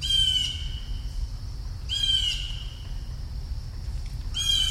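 Bird giving harsh, raspy squawks with a buzzy, layered tone, three calls spaced a couple of seconds apart over a low background rumble.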